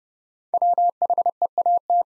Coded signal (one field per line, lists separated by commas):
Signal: Morse code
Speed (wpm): 28 wpm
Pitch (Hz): 700 Hz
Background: none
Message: WHEAT